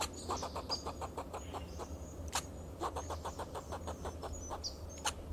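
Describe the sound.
Fox squirrel making a fast run of clucking pulses, with a low engine-like rumble underneath.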